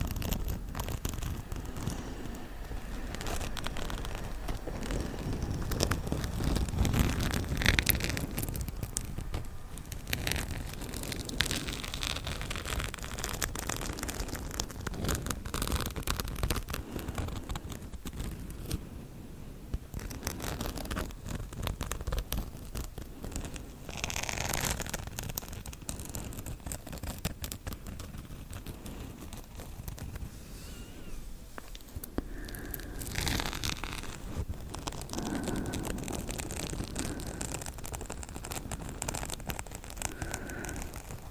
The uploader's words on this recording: ASMR Scratching Super Slow Scratching For Sleep intense.